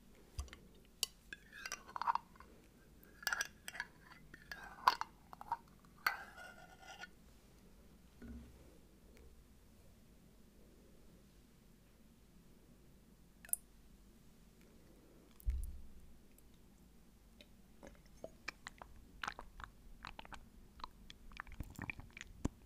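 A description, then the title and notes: Quiet eating: crisp bites and wet chewing clicks come in a busy run through the first seven seconds. A low hum holds steady underneath, then sparse chewing resumes with a muffled thump near fifteen seconds and brittle crunches toward the end. Eating only.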